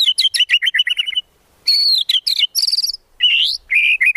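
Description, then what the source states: White-rumped shama song: rapid varied phrases of chattering notes, whistled slurs and high trills in quick bursts separated by brief pauses. Used as a trapping lure.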